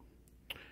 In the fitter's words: you'll see a little click back on this position and